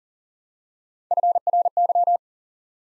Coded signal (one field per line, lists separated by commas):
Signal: Morse code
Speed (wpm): 41 wpm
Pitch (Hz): 700 Hz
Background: none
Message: FRY